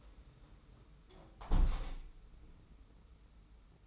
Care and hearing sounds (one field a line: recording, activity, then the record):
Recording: daily activity, microphone in the room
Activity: close window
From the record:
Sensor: 1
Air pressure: 991.3 hPa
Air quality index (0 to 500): 109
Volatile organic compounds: 106 ppm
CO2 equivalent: 3793 ppm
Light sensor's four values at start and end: 38/119/47/49 and 37/116/46/47